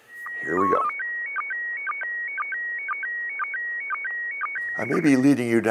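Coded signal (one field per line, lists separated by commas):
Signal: SSTV (slow-scan television)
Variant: PD 120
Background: speech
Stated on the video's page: SSTV images transmitted from the International Space Station on 145.800 MHz, receivable with a simple two-meter radio or scanner.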